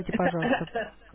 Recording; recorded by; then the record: voluntary cough; telephone call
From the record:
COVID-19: negative